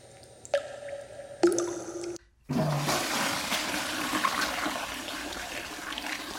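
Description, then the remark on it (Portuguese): A toilet flushes: two sharp clicks of the handle, a brief pause, then a loud, steady rush of swirling water that roars on without fading, with no voices. “A água da privada vai para onde?”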